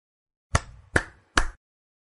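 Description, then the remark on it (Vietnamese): Three sharp hand claps in a slow, even rhythm, each a crisp smack with a brief ringing tail, with silence before and after and no voices. “Tiếng vỗ tay vang lên.”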